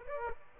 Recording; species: mosquito wingbeat signal from an infrared sensor; Aedes aegypti